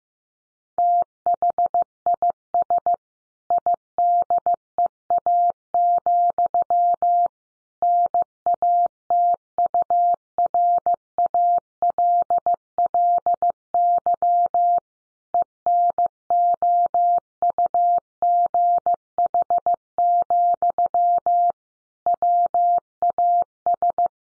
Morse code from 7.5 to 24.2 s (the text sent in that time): NATURALLY ENOUGH, WAS